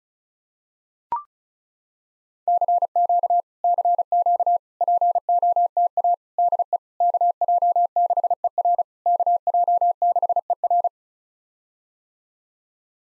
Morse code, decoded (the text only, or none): CQ CQ POTA DE KJ6ER KJ6ER